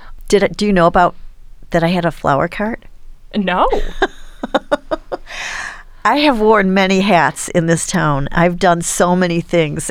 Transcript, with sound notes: Did do you know about that I had a flower cart?
No. [LAUGHTER]
I have worn many hats in this town. I've done so many things.